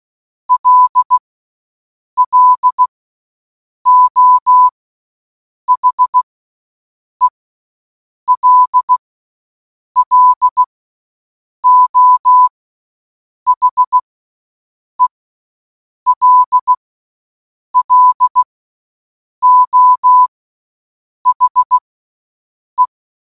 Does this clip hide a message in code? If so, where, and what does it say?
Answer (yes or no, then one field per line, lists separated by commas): yes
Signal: Morse code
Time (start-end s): 0.5-22.9 s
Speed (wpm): 16 wpm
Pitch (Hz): 1000 Hz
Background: none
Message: LLO HELLO HELLO HE